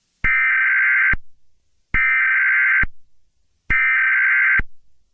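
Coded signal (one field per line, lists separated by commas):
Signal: Emergency Alert System (SAME) tones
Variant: header bursts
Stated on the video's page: Fictional EAS scenario about a Slenderman rampage in London.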